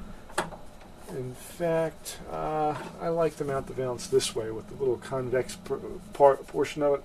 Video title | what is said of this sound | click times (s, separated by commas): Measurement & Installation of White Faux Wood Blinds - Express 2 Day Orders - BlindOnLine.com | and this just snaps right into the valance clip so we're going to place the top of the valance into the clip like so | 0.3 s, 0.4 s